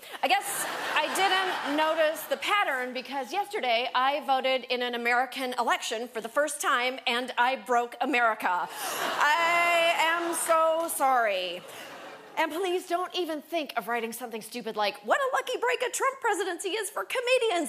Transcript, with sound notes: I guess I didn't notice the pattern because yesterday, I voted in an American election for the first time, and I broke America.
(LAUGHTER)
I am so sorry. And please, don't even think of writing something stupid like, what one lucky break a Trump presidency is for comedians.